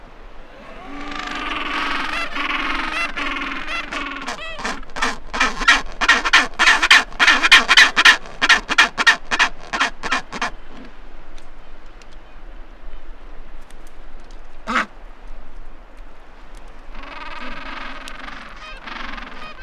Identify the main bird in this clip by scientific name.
Pygoscelis papua